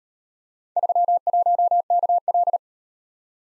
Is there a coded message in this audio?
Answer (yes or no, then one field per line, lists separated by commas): yes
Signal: Morse code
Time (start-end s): 0.8-2.6 s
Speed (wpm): 38 wpm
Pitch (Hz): 700 Hz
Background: none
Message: 31KL